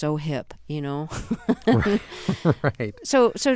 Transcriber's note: laughter